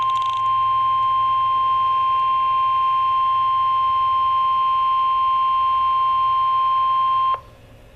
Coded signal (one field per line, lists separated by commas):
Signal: Emergency Alert System (SAME) tones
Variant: 1050 Hz attention tone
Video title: EAS #43 - Severe Thunderstorm Warning DeKalb, Jackson Alabama